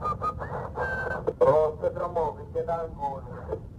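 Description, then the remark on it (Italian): Someone whistles a wavering, tuneless melody over a crackly, band-limited radio transmission, the thin tones rising and falling in short phrases against a steady hiss of static. “Si sente addirittura uno che fischietta e poi un'imprecazione pesante in dialetto pugliese.”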